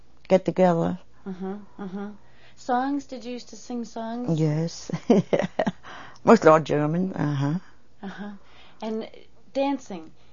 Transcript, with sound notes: get together.
Uh-huh. Uh-huh. Songs? Did you used to sing songs?
Yes. ( she laughs ) It was all German, uh-huh.
Uh-huh. And dancing,